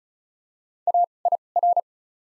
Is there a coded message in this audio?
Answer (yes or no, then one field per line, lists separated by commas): yes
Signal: Morse code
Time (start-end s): 0.9-1.8 s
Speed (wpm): 36 wpm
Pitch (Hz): 700 Hz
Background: none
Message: A I R